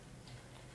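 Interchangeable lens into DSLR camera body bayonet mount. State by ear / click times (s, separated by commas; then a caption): not seated / none. An interchangeable lens is handled at the bayonet mount of a Canon EOS 650D DSLR camera body, with its white mark lined up to the white mark on the mount before the twist. Only faint, steady low-level handling noise is heard, with no distinct click. Nothing has seated or clicked yet.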